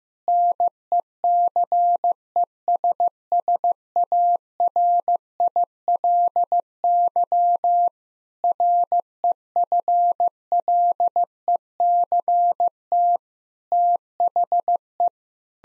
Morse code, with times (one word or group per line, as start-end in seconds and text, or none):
0.3-7.9 NECESSARILY
8.4-13.2 REFLECT
13.7-15.1 THE